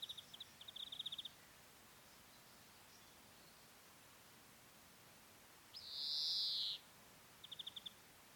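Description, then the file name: European greenfinch calls: short fast trilled rattles at the start and end, with one drawn-out nasal wheeze in the middle, against a faint steady background hiss. "Chloris chloris"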